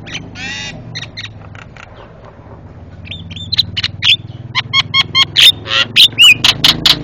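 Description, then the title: Javan myna chattering, starting soft and growing louder into a run of harsh clicks, rasps and short whistles toward the end, with a low hum underneath. Noisy Javan myna calls used as master recording for training cage birds. "Jalak Kebo Master Suara Super Berisik Buat Masteran"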